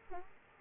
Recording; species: mosquito wingbeat signal from an infrared sensor; Aedes aegypti